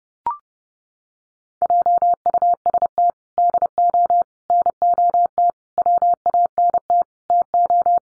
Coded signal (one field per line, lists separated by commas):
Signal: Morse code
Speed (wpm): 30 wpm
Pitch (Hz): 700 Hz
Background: none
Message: JUST DO NOT WANT TO